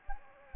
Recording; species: mosquito wingbeat signal from an infrared sensor; Anopheles gambiae